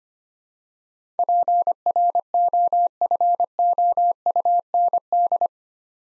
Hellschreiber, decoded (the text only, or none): none